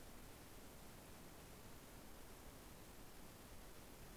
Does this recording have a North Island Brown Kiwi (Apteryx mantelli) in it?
no